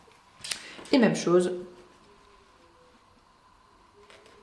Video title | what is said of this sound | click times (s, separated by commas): Comment poser des pressions en couture ? | Vous choisissez le côté où ça se clipse sans problème. Voilà. | 0.5 s